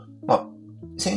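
A single short, harsh cough burst from an adult man who has fallen quite ill and cannot go without a mask, then the start of voiced sound, against a steady low hum.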